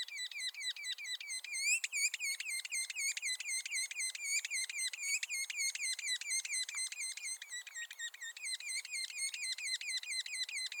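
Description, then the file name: Red-naped sapsucker giving rapid, repeated squeaky nasal notes in an unbroken series, several each second, fairly even in loudness throughout. "Red-naped Sapsucker - Sphyrapicus nuchalis"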